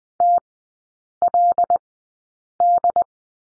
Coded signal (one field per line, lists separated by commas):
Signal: Morse code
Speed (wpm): 20 wpm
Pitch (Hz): 700 Hz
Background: none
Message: TLD